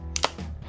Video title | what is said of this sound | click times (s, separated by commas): Clicks Keyboard Final #clicks #powerkeyboard #magsafe | When you deploy it, it's got that satisfying click, dual stage, actually, which I'll get to in a moment. | 0.2 s